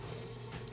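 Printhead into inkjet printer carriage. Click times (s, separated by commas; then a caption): 0.7 s. A printhead for an Epson WF-2650/WF-2750/WF-2760/WF-2660 inkjet printer is lowered into the printer carriage and pressed down over a steady low hum. A faint tick comes just before a sharp snap at 0.7 s as the printhead seats in place.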